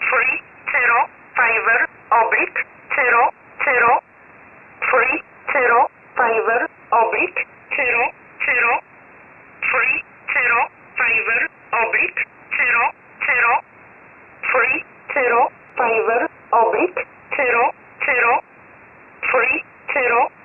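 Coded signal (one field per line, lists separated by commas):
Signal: numbers station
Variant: E11 Oblique, English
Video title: 04 06 2021 Number station E11 Oblique in English to Eu 1000 on 12153 unknown tx site in USB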